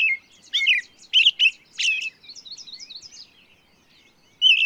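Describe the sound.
Bird song: a few loud chirps and buzzy notes, then a softer run of quick high notes, a pause, and one more chirp.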